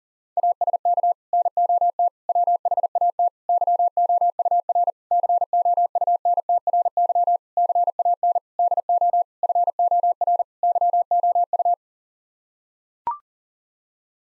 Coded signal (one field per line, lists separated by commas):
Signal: Morse code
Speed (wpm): 40 wpm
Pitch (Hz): 700 Hz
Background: none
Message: ASK NOT WHAT YOUR COUNTRY CAN DO FOR YOU